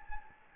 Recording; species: mosquito wingbeat signal from an infrared sensor; Anopheles gambiae